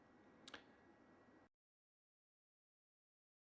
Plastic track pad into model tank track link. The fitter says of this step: those are in position I use the tweezers just to press them down and they click into position